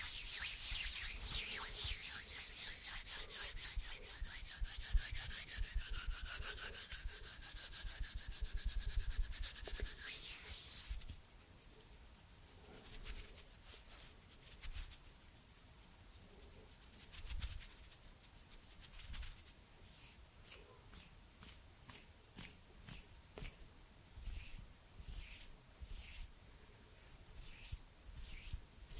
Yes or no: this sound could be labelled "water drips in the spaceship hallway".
no